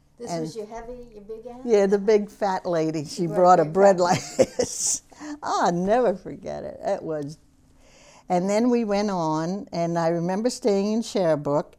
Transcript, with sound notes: This was your heavy, your big aunt?
Yeah, the big, fat lady. She brought a bread like this. ( she gestures and laughs ) I'll never forget it. It was, and then we went on, and I remember staying in Cherbourg,